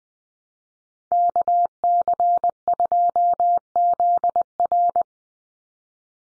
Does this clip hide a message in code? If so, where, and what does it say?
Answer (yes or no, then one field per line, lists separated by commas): yes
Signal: Morse code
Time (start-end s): 1.1-5.0 s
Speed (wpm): 20 wpm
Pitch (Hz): 700 Hz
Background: none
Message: KC2ZR